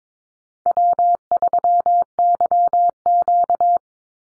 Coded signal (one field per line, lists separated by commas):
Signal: Morse code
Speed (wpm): 22 wpm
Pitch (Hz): 700 Hz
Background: none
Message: W3YQ